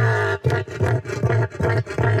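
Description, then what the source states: Cassowary call: several deep, rumbling, roar-like pulses, rich in low tones. Large flightless Australian bird that can be very dangerous; sound described as dinosaur-like; low, ground-vibrating sounds such as a tuba might interest it.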